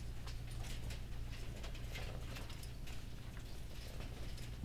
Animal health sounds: poultry house recording; sick chickens (respiratory disease)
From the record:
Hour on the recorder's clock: 15

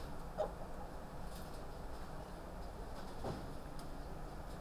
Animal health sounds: poultry house recording; healthy chickens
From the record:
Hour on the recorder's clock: 1

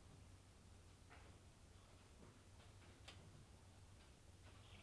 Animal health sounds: poultry house recording; no chicken sound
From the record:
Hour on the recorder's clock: 20

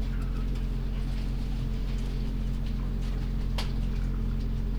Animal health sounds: poultry house recording; sick chickens (respiratory disease)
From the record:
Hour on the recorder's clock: 22

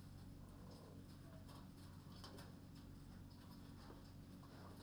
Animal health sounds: poultry house recording; healthy chickens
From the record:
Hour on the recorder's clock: 21

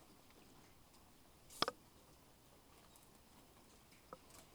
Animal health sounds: poultry house recording; healthy chickens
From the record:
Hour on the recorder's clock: 16

